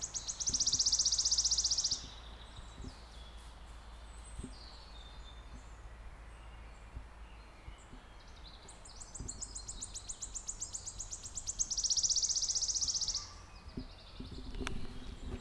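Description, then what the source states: Wood warbler singing high, rapid, buzzing trills, with soft scattered bird notes and quiet background hum in between. Close up.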